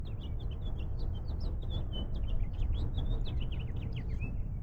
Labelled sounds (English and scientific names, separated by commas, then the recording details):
House Finch (Haemorhous mexicanus) song
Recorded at Lawrence on Long Island, New York, on 4 June 1975
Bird C